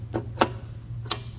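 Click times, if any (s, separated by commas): 0.4 s, 1.1 s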